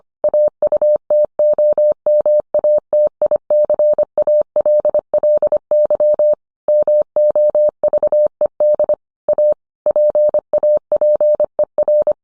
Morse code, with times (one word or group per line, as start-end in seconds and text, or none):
0.2-6.3 AUTOMATICALLY
6.7-8.9 MOVED
9.3-9.5 A
9.9-12.1 PAPER